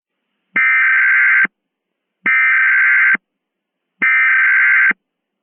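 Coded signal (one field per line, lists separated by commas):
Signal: Emergency Alert System (SAME) tones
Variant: header bursts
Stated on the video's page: Simulated EAS scenario for a lake volcanic eruption, remastered.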